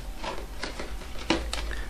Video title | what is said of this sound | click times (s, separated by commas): Montage Lampe Romantique de BigBao à 15 éléments - Par Bodecoshop.com | le fil va se clipser naturellement | 1.3 s, 1.5 s